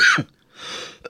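A sharp adult cough burst opens the clip, followed by a drawn breath and a second brief cough at the end, about two coughs in one second. It is a plain cough due to a recent cold.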